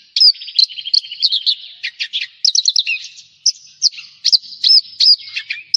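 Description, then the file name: Javan bush lark song: a rapid, varied stream of high chirps, trills and slurred whistles, with short pauses between bursts; no other sounds. "suara burung branjangan jawa"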